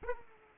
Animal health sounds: mosquito wingbeat signal from an infrared sensor; Aedes aegypti

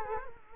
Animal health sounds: mosquito wingbeat signal from an infrared sensor; Culex quinquefasciatus

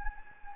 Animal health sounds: mosquito wingbeat signal from an infrared sensor; Anopheles gambiae

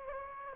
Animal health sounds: mosquito wingbeat signal from an infrared sensor; Anopheles gambiae

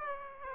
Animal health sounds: mosquito wingbeat signal from an infrared sensor; Aedes aegypti

